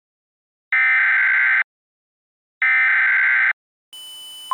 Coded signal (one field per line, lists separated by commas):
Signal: Emergency Alert System (SAME) tones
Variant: header bursts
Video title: (EAS Scenario Teaser) Fire Among The Iowa Fog